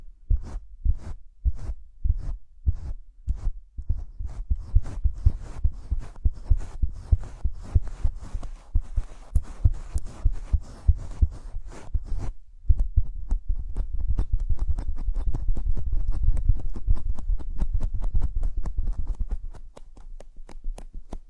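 Gloved hands make a steady run of soft, low thumps with crisp tapping edges, a few per second, with a faint rustle beneath them midway. Near 12.5 seconds the taps turn faster, denser and louder, then ease to softer, sparser ones near the end.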